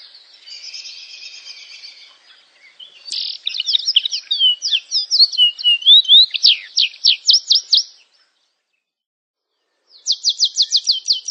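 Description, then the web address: Canary song: a soft buzzy warble, then loud rapid trills of sharp notes, a two-second pause, and another fast trill. "honarfardi Canary Sound"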